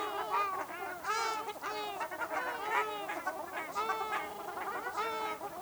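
Ruddy shelduck calling: a dense, almost continuous series of nasal honks with rising and falling inflections.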